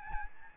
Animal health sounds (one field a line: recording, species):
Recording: mosquito wingbeat signal from an infrared sensor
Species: Aedes albopictus